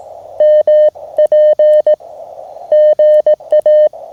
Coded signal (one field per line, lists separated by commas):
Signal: Morse code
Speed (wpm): 18 wpm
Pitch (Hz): 3050 Hz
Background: none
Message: MP GA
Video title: October Portable Field Radio Kit Challenge POTA CW Morse Code Ham Radio Steve Weber MTR practice